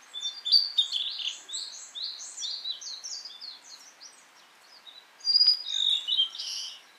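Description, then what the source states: Blue-and-white flycatcher song: a dense run of quick warbled and slurred notes high in pitch, then a louder burst of bright phrases near the end. Recorded 18 April 2017.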